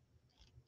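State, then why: Not seated. A plastic zip tie tail is pushed the wrong way round, flat side down, into its own ratchet head while making a wreath. Only a faint, soft sliding scrape and a couple of low muffled bumps are heard over quiet background noise. The ratchet does not engage, nothing has clicked, and the tie does not lock.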